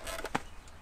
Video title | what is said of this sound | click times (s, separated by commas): MORE RAM MODS COMING! Don't Drink & Drive, Repercussions & Seriousness of DUI | It's supposed to click in, but it's not clicking in. | none